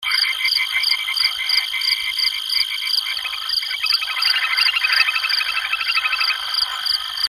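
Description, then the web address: Amphibian calling in a dense chorus of rapid, rattling pulsed notes that overlap, over a steady high-pitched whine. Recorded at Lake Neusiedl. "neusiedlersee batraciens"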